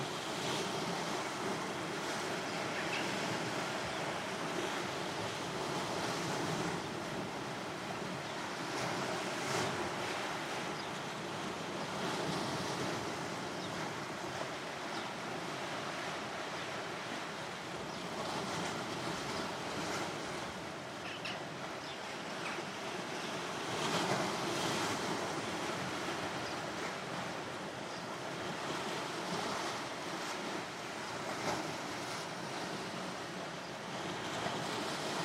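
Steady, dense surf rushes against a pebbly shore beside a large rock formation, with swells peaking near ten and twenty-four seconds amid gusting wind.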